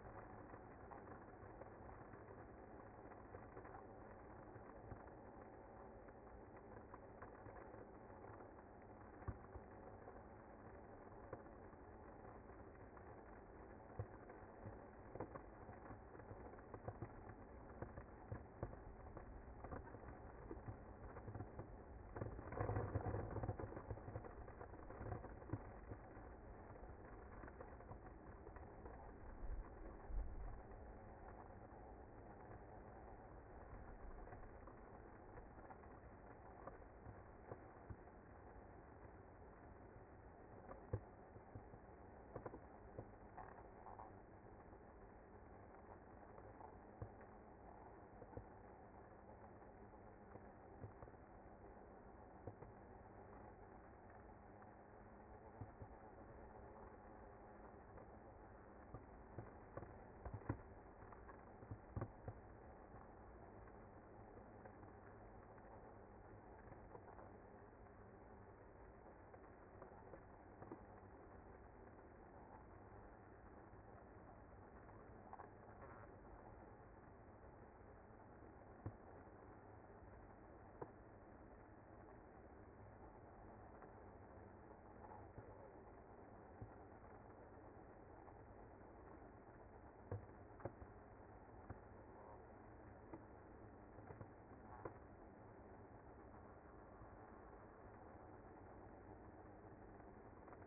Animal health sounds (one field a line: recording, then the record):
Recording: honeybee colony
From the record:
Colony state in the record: active